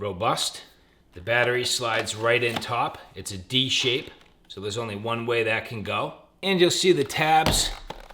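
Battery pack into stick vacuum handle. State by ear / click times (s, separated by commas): not seated / none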